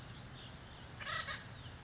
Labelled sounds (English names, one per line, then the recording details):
Acorn Woodpecker
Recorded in Sonoma County, California